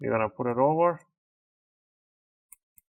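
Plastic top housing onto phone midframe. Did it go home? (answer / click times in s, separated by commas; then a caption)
yes / 2.5 s, 2.8 s. During a display replacement on a Samsung Galaxy A13 4G (SM-A135F/M), the top plastic housing part is placed over the board and its corner is pushed down onto the phone's midframe. Someone talks for the first second, then after a quiet gap two short, sharp clicks are heard at 2.5 s and 2.8 s as the plastic housing clips snap home and seat.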